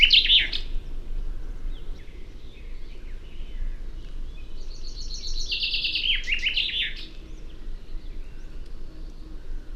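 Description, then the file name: Common chaffinch song: the end of one phrase, then a full descending trill with a terminal flourish, against a continuous low background drone. "Fringilla coelebs"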